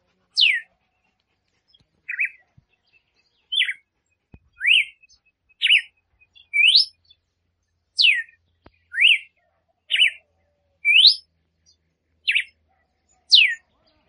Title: Canto Galo Campina Fêmea 01. Fêmea de Galo de Campina Cantando para Foguear o Macho